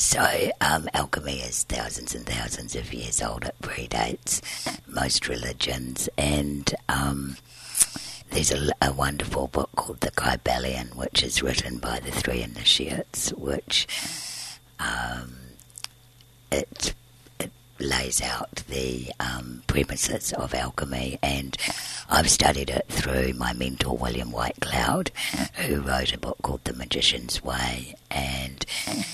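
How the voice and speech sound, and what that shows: Very low, creaky, rough and breathy voice of an adult woman in fluent speech; dysphonia from one vocal fold scarred by surgery at 20 to remove large congenital laryngeal cysts. She breathes through a tracheostomy tube because of a very narrow airway.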